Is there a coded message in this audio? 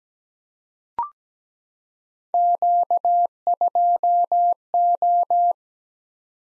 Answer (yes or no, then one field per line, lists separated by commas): yes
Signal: Morse code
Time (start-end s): 2.3-5.5 s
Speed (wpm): 17 wpm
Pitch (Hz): 700 Hz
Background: none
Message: Q2O